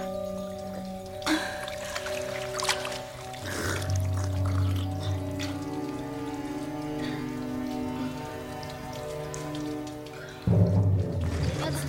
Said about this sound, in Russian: По стенам пещеры стекает вода.